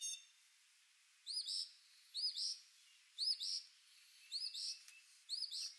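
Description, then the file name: Northern mockingbird song, a short complex phrase of high sweeping notes repeated about five times at roughly one-second intervals over faint background hiss. "Mimus polyglottos Northern Mockingbird"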